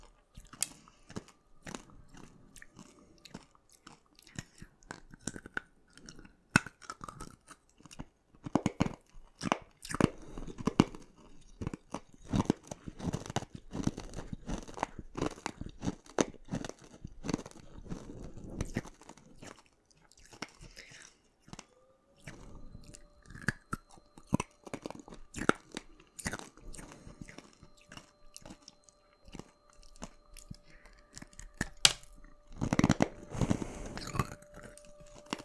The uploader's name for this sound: ASMR Eating Most Popular Foods - PINK FOOD Donut, Pocky, Boba, Mochi, Rock Candy, Marshmallow